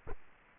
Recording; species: mosquito wingbeat signal from an infrared sensor; Culex quinquefasciatus